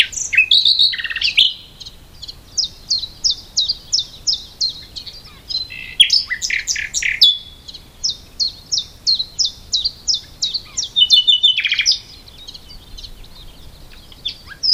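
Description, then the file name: Common nightingale singing long runs of sharp repeated notes, about three per second, broken by fast rattling and chattering flourishes. "Luscinia megarhynchos"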